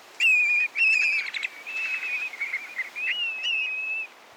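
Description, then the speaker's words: Black-bellied Plover flight song: a run of clear, level whistles broken by quick warbling trills, repeated over about four seconds. Male circling overhead giving its flight song, on its Arctic tundra breeding grounds. "Here, a male circles overhead while giving its flight song."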